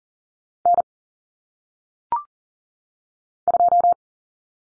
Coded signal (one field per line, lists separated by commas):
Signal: Morse code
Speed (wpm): 40 wpm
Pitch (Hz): 700 Hz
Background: none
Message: N 2